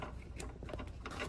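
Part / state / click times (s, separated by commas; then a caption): headlight harness connector into turn signal socket / not seated / none. The black harness connector from an aftermarket Alpharex Pro Series headlight on an F150 is handled and lined up to plug into the old turn signal socket. Faint plastic scuffs and a few small taps are heard, the sharpest near 0.4 s and 1.1 s, over a low background hum. Nothing has seated or clicked yet.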